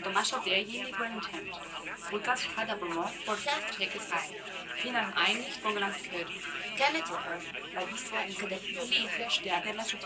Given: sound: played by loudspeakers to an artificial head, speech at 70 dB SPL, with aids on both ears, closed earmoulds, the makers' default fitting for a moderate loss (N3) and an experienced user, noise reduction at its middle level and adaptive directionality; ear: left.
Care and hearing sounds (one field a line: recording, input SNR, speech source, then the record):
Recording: speech test signal (ISTS) in cocktail-party noise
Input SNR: +3 dB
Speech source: on the right (90 degrees)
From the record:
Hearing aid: class 2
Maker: E